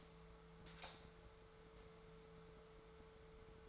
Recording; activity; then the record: daily activity, microphone in the room; light on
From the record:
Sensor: 3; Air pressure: 1014.7 hPa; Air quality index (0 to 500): 193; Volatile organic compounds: 24 ppm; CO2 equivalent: 2823 ppm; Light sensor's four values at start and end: 40/100/43/46 and 43/109/46/49